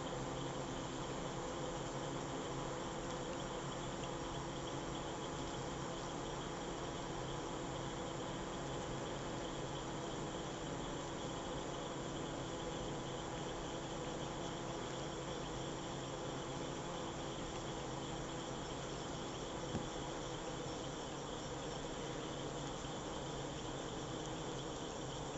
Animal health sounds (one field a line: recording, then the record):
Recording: honeybee defence experiment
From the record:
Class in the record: control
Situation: empty test tube, no live specimens